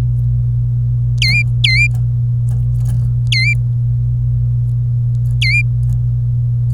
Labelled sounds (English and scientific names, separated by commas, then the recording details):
Domestic Canary (Serinus canaria) song
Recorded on 26 April 2018 at 10:03
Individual llb3